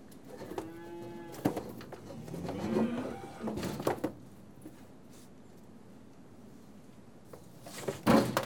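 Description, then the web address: Cattle giving a short, level moo early on, amid repeated clanks, rattling and shuffling, with a sharp clatter near the end. Cattle being tested. "The BBC Sound Effects Library. Cattle Being Tested"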